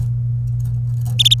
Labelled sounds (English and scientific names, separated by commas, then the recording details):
Domestic Canary (Serinus canaria) song
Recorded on 26 April 2018 at 16:19
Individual llb3